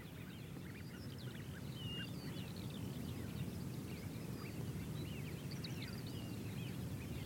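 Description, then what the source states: Eurasian wigeon giving many soft, squealing whistles throughout, over a steady low roar of wind. Wigeon on Ribble estuary marshes, Lancashire; bright, breezy February mid-morning; heard from sea defence between estuary and farmland; soft squeals.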